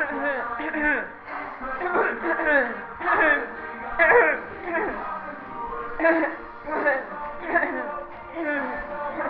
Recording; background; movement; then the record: throat clearing; music; walking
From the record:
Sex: female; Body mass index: 18.3 kg/m2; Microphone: on the chest, facing the body